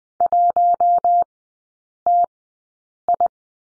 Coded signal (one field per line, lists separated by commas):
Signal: Morse code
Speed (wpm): 20 wpm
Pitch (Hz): 700 Hz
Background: none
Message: 1TI